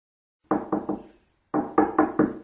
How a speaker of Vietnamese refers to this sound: Khi cô sửa soạn xong thì có tiếng gõ cửa phòng.